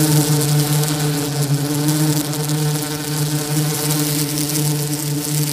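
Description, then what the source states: Africanized honey bee swarm giving a continuous, droning buzz, low and even throughout, with layered overtones and a rough hissing wash on top. Killer bees attacking.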